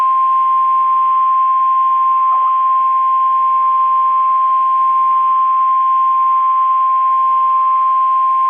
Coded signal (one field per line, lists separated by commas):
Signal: Emergency Alert System (SAME) tones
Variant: 1050 Hz attention tone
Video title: REAL EAS 1426- Tornado Warning